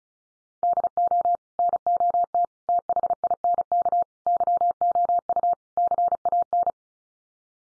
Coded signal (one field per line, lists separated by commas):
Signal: Morse code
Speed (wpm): 34 wpm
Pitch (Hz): 700 Hz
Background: none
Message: DO NOT THINK YOU CAN